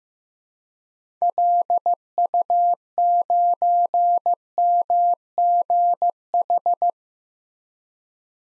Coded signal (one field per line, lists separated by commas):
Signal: Morse code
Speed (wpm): 15 wpm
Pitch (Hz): 700 Hz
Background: none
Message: LU9MGH